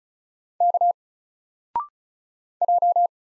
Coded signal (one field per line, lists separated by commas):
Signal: Morse code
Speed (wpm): 36 wpm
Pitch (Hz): 700 Hz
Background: none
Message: K J